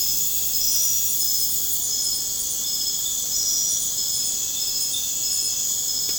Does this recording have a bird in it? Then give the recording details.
no. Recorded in pastures near Puerto Asís, Putumayo, Colombia, on 30 June 2025 at 01:00. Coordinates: 0.496, -76.326. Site GP01